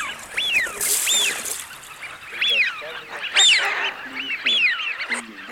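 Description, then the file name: Eurasian wigeon giving clear whistled calls that rise then drop, repeated about once a second, with softer chatter and rustling noise between them. Recording made for use as a hunting lure. "Свиязь Fischione"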